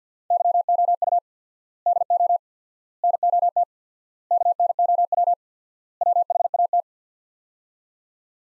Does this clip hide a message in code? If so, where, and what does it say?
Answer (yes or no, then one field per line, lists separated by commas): yes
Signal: Morse code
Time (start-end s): 0.3-6.8 s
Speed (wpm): 46 wpm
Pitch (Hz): 700 Hz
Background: none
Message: YOU DO NOT KNOW WHAT